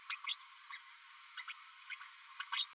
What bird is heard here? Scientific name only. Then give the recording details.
Forpus passerinus. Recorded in a nest box in Venezuela. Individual 18B12A3